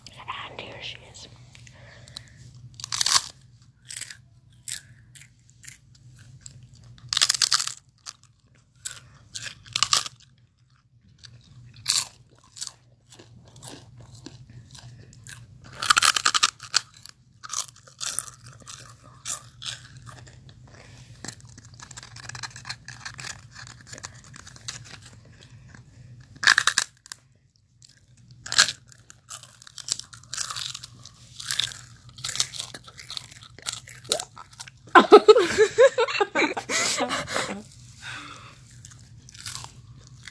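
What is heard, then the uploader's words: Crisp crunching and chewing in irregular bursts over a low steady hum, with a louder, denser crunch near the end. ASMR eating.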